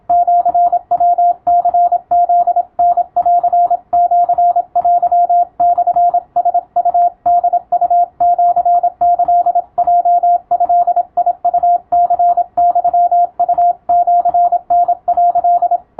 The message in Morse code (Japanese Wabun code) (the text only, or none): シヤニフタンシテモラウホウシキヲドウニユウシタ」